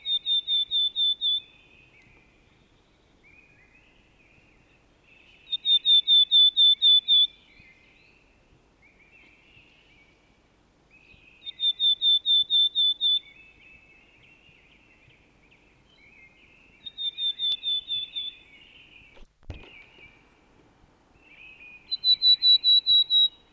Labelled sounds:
Willow Tit (Poecile montanus) song
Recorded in the wild
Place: Ehrwald, Tirol, AT
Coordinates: 47.4167, 10.9428
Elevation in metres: 1173
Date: 1971-04-13
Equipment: Nagra IV, Sennheiser MKH 405, Parabolreflektor
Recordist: Tretzel, Erwin

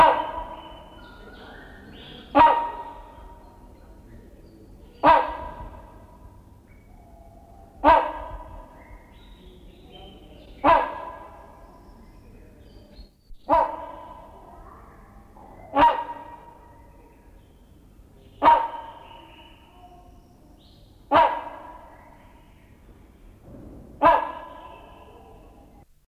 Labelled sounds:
Rhinoceros Hornbill (Buceros rhinoceros) call
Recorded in captivity
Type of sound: call
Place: Zoo Basel, CH
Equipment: Halbspur, 9,5 cm/s
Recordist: Lütgens, Hans
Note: Rufe

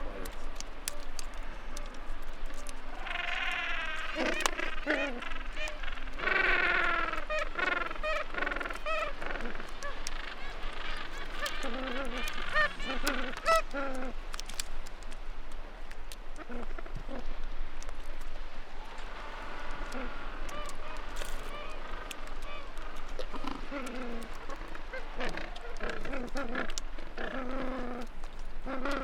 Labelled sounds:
Gentoo Penguin (Pygoscelis papua) call
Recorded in the wild
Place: Georges Point, Antarctica, AQ
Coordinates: -64.4, -62.4
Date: 2018-12-24
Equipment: Olympus LS-100, Sennheiser ME66
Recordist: Beaulieu, Michaël

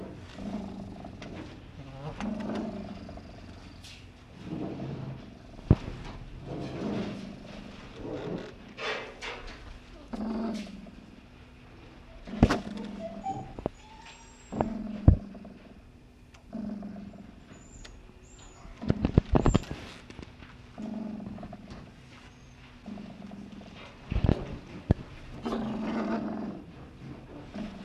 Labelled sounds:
Fennec Fox (Vulpes zerda) call
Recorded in captivity
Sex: male
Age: adult
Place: Tierpark Berlin, Berlin, DE
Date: 1965-11-06 11:00
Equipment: Uher 4200 Report Monitor, Sennheiser MD 421, Transistorverstärker 2
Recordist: Tembrock, Günter

